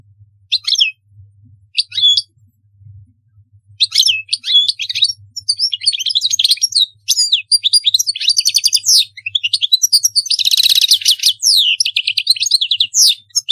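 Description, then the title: European goldfinch song: short high chirps at first, then a long run of tinkling, twittering notes with a buzzy trill near the end, over a faint low hum. "Chant Chardonneret"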